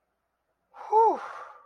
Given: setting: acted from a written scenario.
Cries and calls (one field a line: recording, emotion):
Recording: vocal sound without words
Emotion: relief